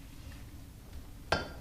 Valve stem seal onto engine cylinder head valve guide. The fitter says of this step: I place it on top. I put this on there and push till I hear a click.